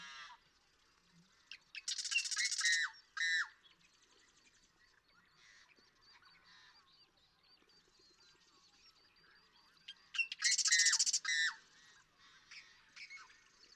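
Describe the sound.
Marsh Wren song: two rattling trills, each followed by a few downslurred notes, with a soft continuous high chatter in the background.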